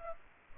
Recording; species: mosquito wingbeat signal from an infrared sensor; Aedes aegypti